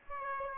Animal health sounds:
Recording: mosquito wingbeat signal from an infrared sensor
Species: Aedes aegypti

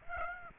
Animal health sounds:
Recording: mosquito wingbeat signal from an infrared sensor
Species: Aedes aegypti

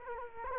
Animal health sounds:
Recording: mosquito wingbeat signal from an infrared sensor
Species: Culex quinquefasciatus

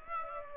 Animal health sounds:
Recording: mosquito wingbeat signal from an infrared sensor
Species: Aedes aegypti

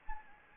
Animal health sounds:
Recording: mosquito wingbeat signal from an infrared sensor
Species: Anopheles gambiae

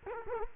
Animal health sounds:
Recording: mosquito wingbeat signal from an infrared sensor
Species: Culex quinquefasciatus

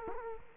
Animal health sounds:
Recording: mosquito wingbeat signal from an infrared sensor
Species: Culex quinquefasciatus

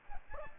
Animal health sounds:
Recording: mosquito wingbeat signal from an infrared sensor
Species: Aedes aegypti

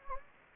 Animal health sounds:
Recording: mosquito wingbeat signal from an infrared sensor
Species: Anopheles gambiae

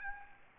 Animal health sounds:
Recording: mosquito wingbeat signal from an infrared sensor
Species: Aedes albopictus

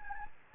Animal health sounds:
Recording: mosquito wingbeat signal from an infrared sensor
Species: Anopheles gambiae

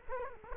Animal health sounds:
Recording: mosquito wingbeat signal from an infrared sensor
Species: Culex quinquefasciatus

